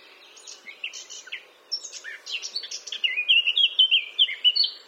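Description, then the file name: Eurasian blackcap song opening with a rapid, scratchy twitter, then a string of pure, fluty whistles repeated in quick succession. "Sylvia atricapilla"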